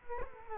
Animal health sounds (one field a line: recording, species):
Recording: mosquito wingbeat signal from an infrared sensor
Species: Culex quinquefasciatus